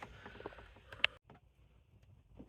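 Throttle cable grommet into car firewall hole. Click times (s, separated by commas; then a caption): 1.0 s. A new throttle cable's plastic grommet is pushed into the firewall hole of a Volvo 850 R. Soft rustling and handling noises lead up to a single sharp click at 1.0 s as the grommet snaps into the sheet metal and seats, followed by faint, quieter handling sounds.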